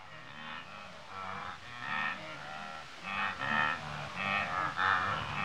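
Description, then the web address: Wildebeest giving a steady run of croaking nasal grunts. Several wildebeest grazing, Africa. "BBC Sound Effects Library. Africa. Wildebeest"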